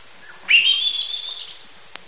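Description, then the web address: Lawrence's thrush giving one long, high, thin whistle that rises slightly and holds for over a second. Eastern lowlands of South America. "WLL Grade 1-12 Pre-Uni Library Enter Natures Songs S America Eastern Lowlands Lawrence's Thrush"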